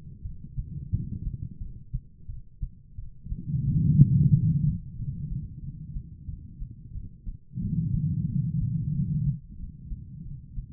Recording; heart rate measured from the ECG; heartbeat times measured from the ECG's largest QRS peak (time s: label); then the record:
heart sounds by stethoscope; 90 bpm
0.23 s: heartbeat
0.90 s: heartbeat
1.59 s: heartbeat
2.27 s: heartbeat
2.96 s: heartbeat
3.65 s: heartbeat
4.32 s: heartbeat
4.97 s: heartbeat
5.61 s: heartbeat
6.26 s: heartbeat
6.93 s: heartbeat
7.60 s: heartbeat
8.26 s: heartbeat
8.92 s: heartbeat
9.57 s: heartbeat
10.23 s: heartbeat
From the record:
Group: healthy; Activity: breath hold 0-5 s, rest 5-11 s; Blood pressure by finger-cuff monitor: 158/106 mmHg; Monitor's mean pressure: 132 mmHg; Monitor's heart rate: 89 bpm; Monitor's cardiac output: 4.9 L/min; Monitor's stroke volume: 55 mL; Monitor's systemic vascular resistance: 2050 dyn s/cm5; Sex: female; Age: 51 years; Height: 162 cm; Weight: 70.04 kg